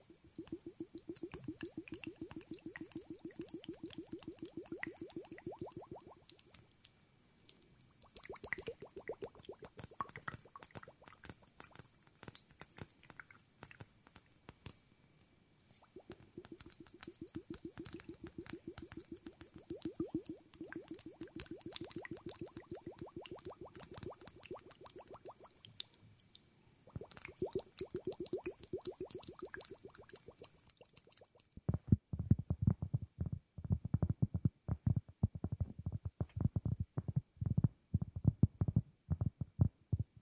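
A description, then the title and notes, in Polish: Fingernails tap in fast, dense runs of crisp clicks, coming in bursts with short pauses around 6, 15 and 26 seconds. The clicking is bright and rattling, almost like a drumroll. After about 31 seconds it shifts to duller, lower knocks without the sharp edge. ASMR Tapping Dźwięki uderzania paznokciami.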